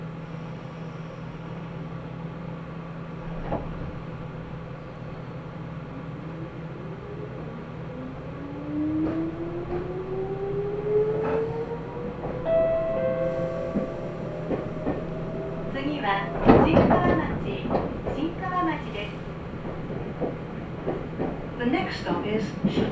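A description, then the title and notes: A Nagoya Railroad train on the Mikawa Line runs with a steady low hum throughout. From about eight seconds a rising whine climbs as it speeds up, then clanks and rattles burst out around sixteen seconds, followed by scattered knocks and squeals to the end. Nagoya Railroad Mikawa Line Chiryu to Hekinan.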